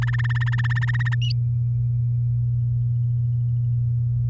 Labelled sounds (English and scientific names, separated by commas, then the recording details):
Domestic Canary (Serinus canaria) song
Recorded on 10 May 2018 at 12:53
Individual llb16